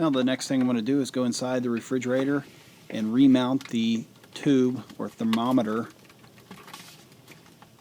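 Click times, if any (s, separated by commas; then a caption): none. Someone talks while the cold control's sensing tube is handled for remounting into its plastic holder inside a Whirlpool Gold refrigerator. After the talking stops around 6 s, only faint handling sounds and a couple of light taps are heard. Nothing has seated or clicked yet.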